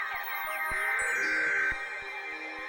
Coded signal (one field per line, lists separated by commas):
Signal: Emergency Alert System (SAME) tones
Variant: header bursts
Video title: A new replacement! EAS Alerts from 9/12/19 - 9/25/19 (EAS #3,353 - 3,359)